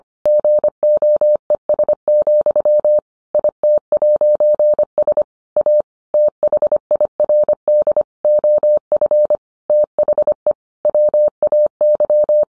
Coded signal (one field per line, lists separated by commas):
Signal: Morse code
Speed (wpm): 25 wpm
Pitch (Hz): 600 Hz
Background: none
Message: GOES, IT'S A THIRD OF THE WAY